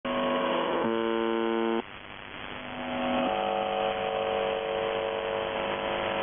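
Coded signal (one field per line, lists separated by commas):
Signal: numbers station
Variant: UVB-76 (The Buzzer)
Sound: harsh droning buzz tones with pitch shifts, a brief noisy gap, then more buzzing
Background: radio static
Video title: The Buzzer/UVB-76(4625Khz) May 7th 2020 15:49UTC Voice message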